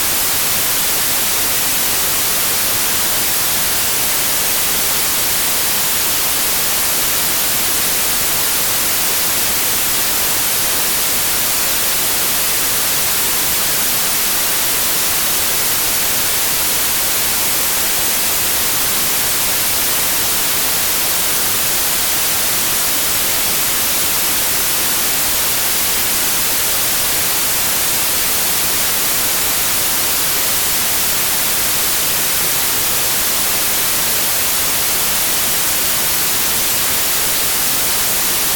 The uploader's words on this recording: 12 hours of continuous white noise.